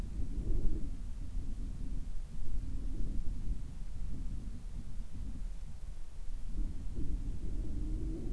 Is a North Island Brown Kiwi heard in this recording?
no